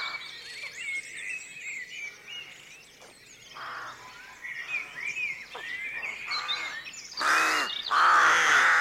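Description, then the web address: Rooks cawing in a dense dawn chorus, harsh croaking notes scattered through, two loud caws near the end over background chirps. Rookery at dawn, with jackdaws also calling. "rookery at dawn also calls from jackdaw. BBC Atmospheres Dawn"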